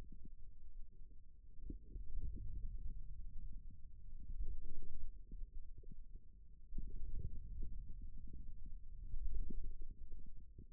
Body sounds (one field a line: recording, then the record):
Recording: forearm muscle sounds (acoustic myography)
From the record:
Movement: wrist extension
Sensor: system 2, bracelet of six BSWA MPA416 microphones around the upper forearm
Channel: 4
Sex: male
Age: 22 years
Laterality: right